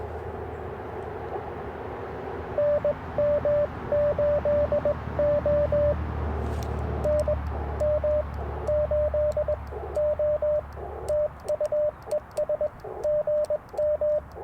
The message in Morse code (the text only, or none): NM8O NM8O TUES GM